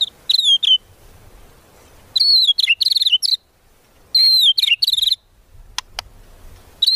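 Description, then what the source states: White-rumped shama singing short bursts of bright whistled and chattering phrases, separated by pauses of about a second, with two sharp clicks toward the end. Lure used for trapping birds.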